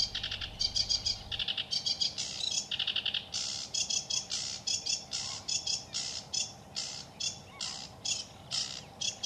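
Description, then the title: Sedge Warbler singing a dense, harsh chatter of quick scratchy and rattling notes, repeated in rapid bursts. Sings from May, mostly at dusk and in darkness; stops singing around July before autumn migration to Africa; may raise two broods in the reeds. "Viikon luontoääni: Ruokokerttunen"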